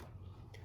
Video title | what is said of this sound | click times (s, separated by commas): Upgrade The PS 5 with the Samsung 980 Pro HeatSink - Ceddy Knows Tech Guide | once you hear that snap that means it's back in place | 0.5 s